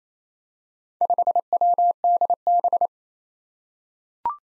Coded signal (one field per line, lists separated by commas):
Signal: Morse code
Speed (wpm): 28 wpm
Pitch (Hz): 700 Hz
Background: none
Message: 5WDB